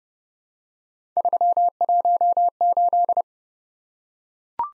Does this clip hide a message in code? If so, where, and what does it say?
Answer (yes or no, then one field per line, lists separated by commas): yes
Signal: Morse code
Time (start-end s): 1.2-3.2 s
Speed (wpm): 30 wpm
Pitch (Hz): 700 Hz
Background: none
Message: 318